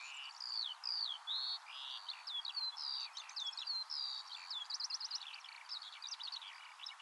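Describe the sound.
Eurasian skylark song, a continuous high warbling with quick rising and falling whistles and short buzzy trills.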